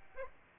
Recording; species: mosquito wingbeat signal from an infrared sensor; Aedes aegypti